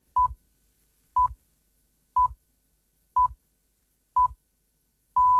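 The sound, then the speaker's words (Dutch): Six electronic BBC time-signal pips at one-second intervals, heard every hour since 1924, each a short steady mid-pitched tone, with the sixth held noticeably longer; loud and clean against silence, no talking. “Tot slot, een bijzondere mijlpaal bij de Britse BBC. Deze iconische piepjes bestaan precies 100 jaar.”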